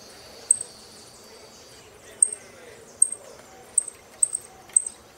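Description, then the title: Saffron finch uttering brief high-pitched chips, isolated at first and then quicker in a small cluster near the end, against soft background hiss. "Jilguero Argentino"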